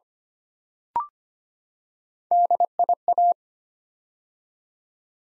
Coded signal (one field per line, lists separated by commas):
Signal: Morse code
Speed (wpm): 25 wpm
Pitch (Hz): 700 Hz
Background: none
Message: DIA